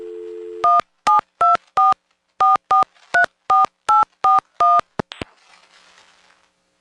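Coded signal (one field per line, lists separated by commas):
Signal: DTMF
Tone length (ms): 160 ms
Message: 17244434841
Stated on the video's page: Audio recorded on site at central office controlled pay phones, somewhat broken, of a small independent telephone company.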